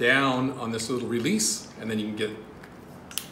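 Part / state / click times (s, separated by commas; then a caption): XLR cable plug into camera audio input jack / seated / 3.2 s. Someone talks while an XLR microphone cable plug is lined up and pushed into the camera's input 1. After the talking, faint handling ticks lead to a sharp click at 3.2 s as the latch catches and the connector seats.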